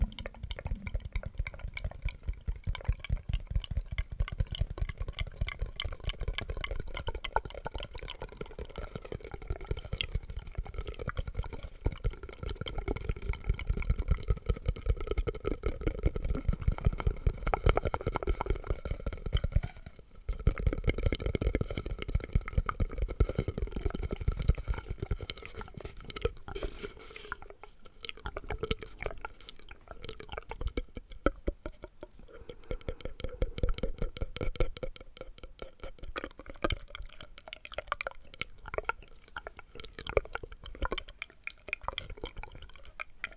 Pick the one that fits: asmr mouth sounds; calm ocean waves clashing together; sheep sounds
asmr mouth sounds